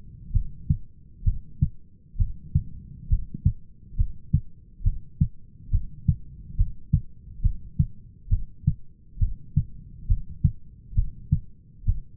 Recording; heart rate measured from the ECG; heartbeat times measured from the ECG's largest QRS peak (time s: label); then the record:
heart sounds by stethoscope; 68 bpm
0.34 s: heartbeat
1.26 s: heartbeat
2.19 s: heartbeat
3.10 s: heartbeat
3.98 s: heartbeat
4.85 s: heartbeat
5.72 s: heartbeat
6.58 s: heartbeat
7.43 s: heartbeat
8.31 s: heartbeat
9.20 s: heartbeat
10.09 s: heartbeat
10.96 s: heartbeat
11.87 s: heartbeat
From the record:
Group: heart failure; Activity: rest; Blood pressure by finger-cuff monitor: 132/93 mmHg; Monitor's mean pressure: 107 mmHg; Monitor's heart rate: 68 bpm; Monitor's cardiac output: 6 L/min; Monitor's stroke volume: 90 mL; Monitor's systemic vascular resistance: 1310 dyn s/cm5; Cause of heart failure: idiopathic cardiomyopathy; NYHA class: 1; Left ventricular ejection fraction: 50%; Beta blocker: bisoprolol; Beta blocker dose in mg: 5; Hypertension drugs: candesartan, spironolactone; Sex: male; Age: 54 years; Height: 180 cm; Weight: 94.6 kg